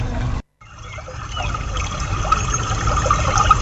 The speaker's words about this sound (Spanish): Agua y de pajaritos.